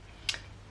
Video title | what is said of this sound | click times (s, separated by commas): ✨VLOG ELOFAMILLE✨ JE VOUS L’AVAIS CACHÉ .. | qui se clipse et c'est surtout que en fait ça ne fuit plus parce | 0.3 s